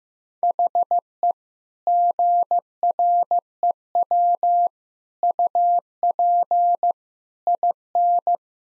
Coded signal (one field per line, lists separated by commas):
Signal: Morse code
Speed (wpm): 15 wpm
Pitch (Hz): 700 Hz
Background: none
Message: HE GREW UP IN